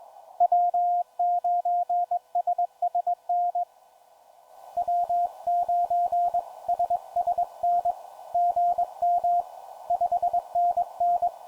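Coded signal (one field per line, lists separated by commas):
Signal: Morse code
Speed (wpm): 22 wpm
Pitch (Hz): 700 Hz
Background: radio noise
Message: W9SSN W9SSN GM 5NN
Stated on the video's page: Vintage Elecraft KX1 CW during a Summits on the Air activation of Verdugo Mountains HP.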